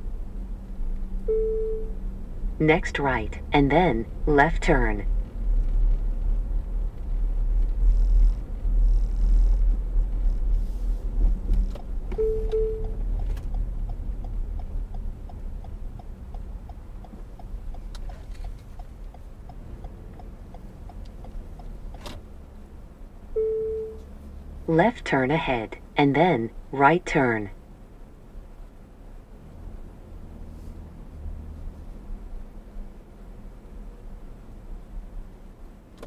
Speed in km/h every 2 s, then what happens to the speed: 29, 32, 34, 35, 37, 35, 29, 23, 16, 15, 18, 19, 21, 18, 15, 21, 23, 21.
0-9 speeds up to 37. 9-18 slows to 15. 18-23 speeds up to 21.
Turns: none.